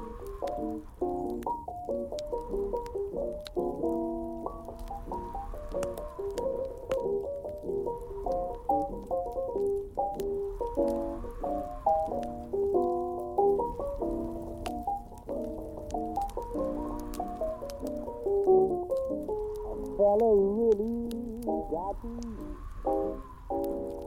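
Muffled old-time music plays steadily from another room, its bright tones dulled, under a soft low rumble and scattered faint crackles throughout.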